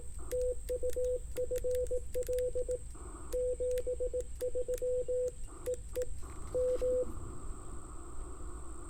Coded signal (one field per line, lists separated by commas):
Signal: Morse code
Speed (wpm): 19 wpm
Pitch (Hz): 500 Hz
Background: radio noise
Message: TU FL 73 EE M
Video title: Getting Indiana Activated with an 18 WPM CW POTA Activation at Beaver Bottom Lake (No bottoms seen)